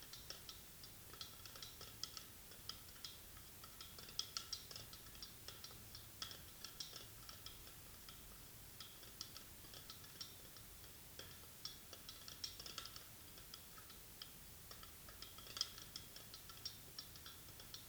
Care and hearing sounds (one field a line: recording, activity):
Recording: daily activity, guitar pickup as the sensor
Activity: fry